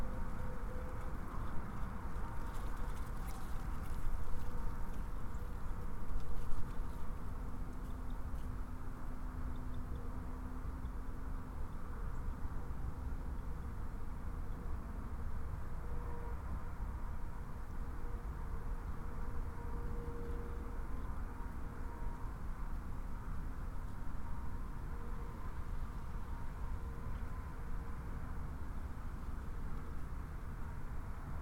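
Steady distant traffic rumbles low and constant beneath wind moving through trees, with no clear breaks over the half minute. A brief stronger gust or crackle rises around the fifth to seventh second, and faint tonal hums drift in and out.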